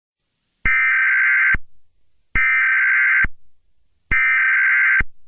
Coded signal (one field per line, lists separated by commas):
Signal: Emergency Alert System (SAME) tones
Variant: header bursts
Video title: EAS Scenario - Wah Wah Springs